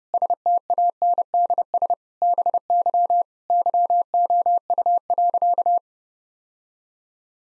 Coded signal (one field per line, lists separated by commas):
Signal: Morse code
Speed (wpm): 30 wpm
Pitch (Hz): 700 Hz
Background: none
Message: STANDS BY YOU.